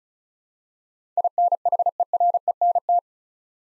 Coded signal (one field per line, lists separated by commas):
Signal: Morse code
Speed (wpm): 36 wpm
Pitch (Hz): 700 Hz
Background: none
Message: INHERENT